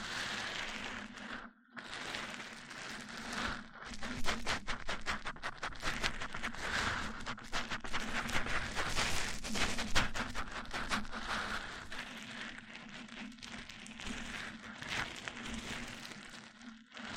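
Mic-on-mic triggers: dense, crackly scratching and tapping that patters on like rain, with quick bright clicks clustered through the middle. A steady low hum runs underneath throughout. Near the start, around the second mark, everything cuts out briefly before resuming.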